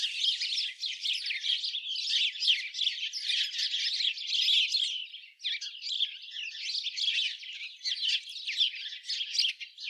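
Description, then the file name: Chattering House sparrow flock, many birds chirping at once in a thick, unbroken stream with a brief dip midway. "Passer domesticus"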